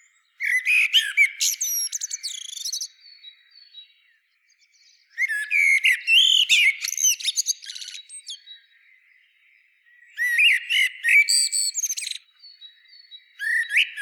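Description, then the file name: Common blackbird sings repeated phrases about every five seconds, each a dense tumble of fluty whistles and high-pitched twittering with brief quiet gaps. "Turdus merula"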